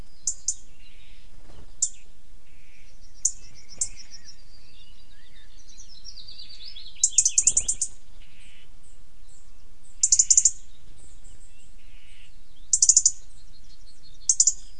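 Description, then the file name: European robin calls: short, very high ticking notes and rapid clusters of ticks, repeated at irregular intervals, with a brief twittering phrase in the middle. "Erithacus rubecula"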